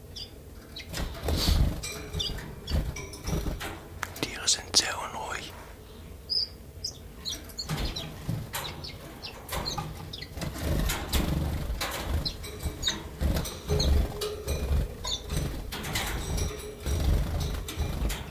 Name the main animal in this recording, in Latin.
Phylloscopus collybita